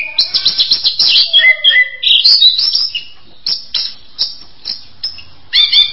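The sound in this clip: Bird song with rapid chirps and short whistled notes, a lower descending whistle early on, then spaced sharp chirps toward the end.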